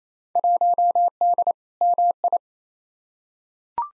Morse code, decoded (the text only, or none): 1D MI